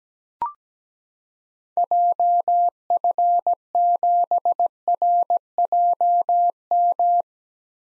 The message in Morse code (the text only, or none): JF7RJM